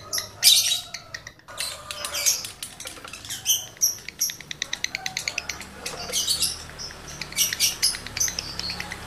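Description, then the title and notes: Lovebird song: shrill screeches and rapid clicking trills alternating, with a long rattling burst of ticks in the middle. Male lovebird in breeding condition; the song is used as a lure to stimulate other lovebirds to sing. "Birahi Lovebird Jantan ke Gacor. Pancingan Suara Lovebird jantan birahi"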